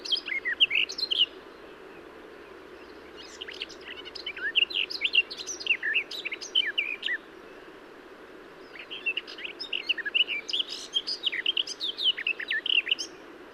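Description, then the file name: Garden warbler singing in long flowing bursts of quick, chattering notes, three phrases separated by pauses, with a faint background hiss throughout. "Garden-Warbler -Sylvia-borin"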